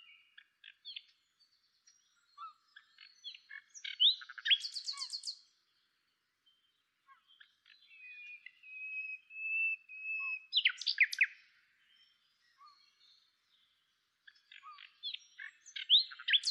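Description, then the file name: Common nightingale singing several phrases, with rapid chattering bursts, a sustained whistled note that swells in volume, and loud, sharp rising notes between pauses. "Luscinia megarhynchos"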